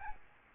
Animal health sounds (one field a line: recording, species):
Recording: mosquito wingbeat signal from an infrared sensor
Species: Aedes albopictus